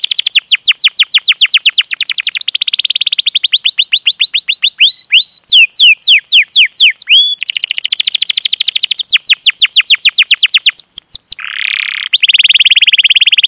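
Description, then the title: Canary pouring out fast rattling trills broken by swooping whistled slurs, with a harsh buzzy phrase near the end. Song used as a lure (pancingan) to prompt a canary to sing; described as vigorous, long singing (gacor panjang) and as master song material. "PANCINGAN Kenari GACOR PANJANG. Pancingan Gacor Masteran"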